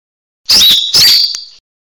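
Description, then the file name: Leafbird: two sharp, squeaky whistled notes, the second drawn out into a sustained high tone with a short click-like note during it. Song style called mini tembakan besetan, used for training songbirds. "cucak hijau mini tembakan besetan omkicau"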